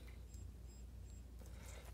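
A syringe's flange is being lined up in a syringe pump's holder, before the clamp is swung over and locked. Only a low, steady hum and faint handling rustle are heard, with no sharp transients. Nothing has clicked or seated yet.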